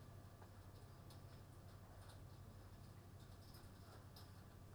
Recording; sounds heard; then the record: poultry house recording; no chicken sound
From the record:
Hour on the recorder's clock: 20